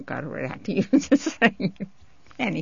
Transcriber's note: she laughs